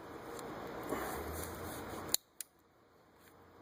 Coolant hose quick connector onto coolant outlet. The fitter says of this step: Into place, get that down there, click into place, click.